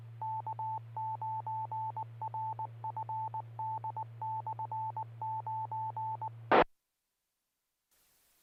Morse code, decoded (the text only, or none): K9RFD/9E